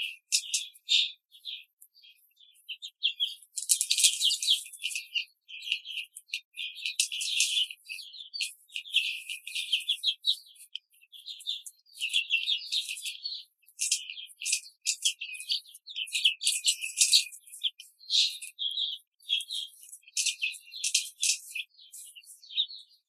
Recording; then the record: young laying hens in a cage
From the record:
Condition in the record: control cage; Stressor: none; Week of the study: 5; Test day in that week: 1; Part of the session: 1